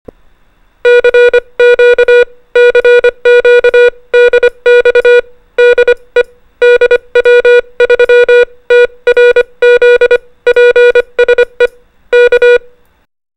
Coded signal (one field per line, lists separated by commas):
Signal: Morse code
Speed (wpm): 25 wpm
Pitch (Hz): 480 Hz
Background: music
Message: CQ CQ DX DE DW3TRZ PSE K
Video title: Ham Radio | Communicating in TONE/SOUND | Morse Code w/ Japan's JH0ILL NAGANO Prefecture